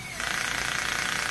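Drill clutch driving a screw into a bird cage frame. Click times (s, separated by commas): 0.3 s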